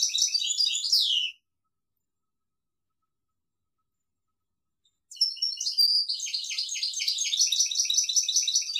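European goldfinch singing a brief twittering burst, then a long silence before a long, rapid liquid jumble of chirps and trills resumes.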